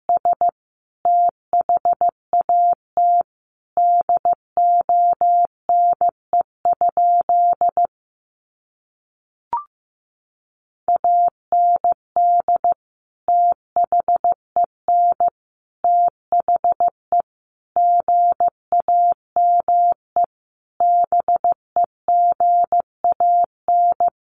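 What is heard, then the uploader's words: Morse code beeps of a single steady mid-pitched tone, keyed in short dots and longer dashes grouped into letters with brief gaps between them. The sending runs almost continuously, broken by a silent pause with a faint click near the ten-second mark, then resumes at the same pace. Sentences from Top 500 Words 15wpm. First, the words are sent in Morse code.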